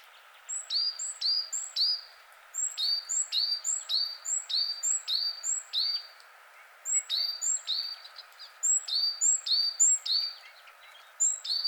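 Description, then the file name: Great tit giving a steady, rhythmic song of paired whistled notes, high then lower, repeated quickly in long runs with only brief pauses. "Parus major"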